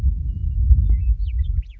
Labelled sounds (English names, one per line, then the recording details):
Western Meadowlark
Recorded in Sonoma County, California